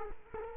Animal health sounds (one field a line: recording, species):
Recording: mosquito wingbeat signal from an infrared sensor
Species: Culex quinquefasciatus